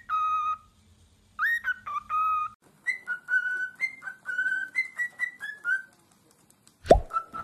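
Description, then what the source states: Cockatiel whistling song: clear, steady whistled notes with rich overtones in short phrases, some gently stepping up and down, then a sharp loud click near the end. Several cockatiels whistling and singing.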